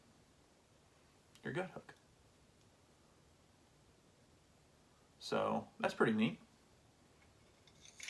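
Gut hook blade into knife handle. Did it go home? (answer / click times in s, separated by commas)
yes / 8.0 s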